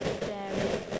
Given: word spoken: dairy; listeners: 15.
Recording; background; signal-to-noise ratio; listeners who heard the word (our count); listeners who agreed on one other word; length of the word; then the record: one English word in noise, from a listening test; noise modulated by three-talker babble; -6.3 dB; 2 of 15; 8 of 15; 0.59 s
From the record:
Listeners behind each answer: 8, 2, 2, 1, 1, 1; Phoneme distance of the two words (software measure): 17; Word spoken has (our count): 2 syllables, 4 phonemes, stress on syllable 1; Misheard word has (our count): 2 syllables, 5 phonemes, stress on syllable 1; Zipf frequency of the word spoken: 4.00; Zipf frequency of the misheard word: 3.72